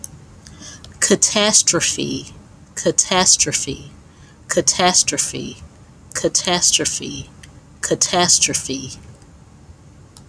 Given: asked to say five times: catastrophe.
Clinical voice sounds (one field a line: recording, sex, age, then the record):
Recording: repeated word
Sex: female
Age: 40 to 49 years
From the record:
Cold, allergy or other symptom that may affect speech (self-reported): no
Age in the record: 42 years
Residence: Georgia, United States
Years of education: 16